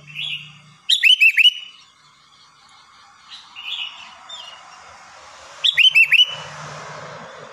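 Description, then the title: Sooty-headed bulbul singing bright, bubbly whistled phrases, two of them about five seconds apart, with quieter warbled notes between. "Kutilang"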